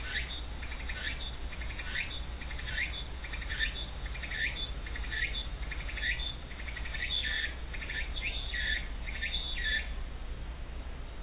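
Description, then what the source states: Walker's cicada song: a buzzy, pulsing phrase repeated regularly throughout, over a steady low hum. Recorded 2007-08-23.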